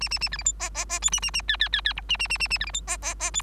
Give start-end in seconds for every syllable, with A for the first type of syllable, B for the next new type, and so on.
0.00-0.09 A, 0.10-0.19 A, 0.21-0.29 A, 0.32-0.37 B, 0.38-0.44 C, 0.45-0.52 D, 0.59-0.70 E, 0.74-0.85 E, 0.89-0.99 E, 1.01-1.10 F, 1.12-1.20 A, 1.22-1.31 A, 1.33-1.42 A, 1.48-1.57 G, 1.60-1.69 G, 1.73-1.81 G, 1.85-1.93 G, 1.96-2.01 H, 2.09-2.17 A, 2.19-2.28 A, 2.29-2.38 A, 2.39-2.48 A, 2.50-2.58 A, 2.60-2.66 B, 2.66-2.72 C, 2.73-2.81 D, 2.87-2.97 E, 3.02-3.15 E, 3.19-3.31 E, 3.33-3.42 F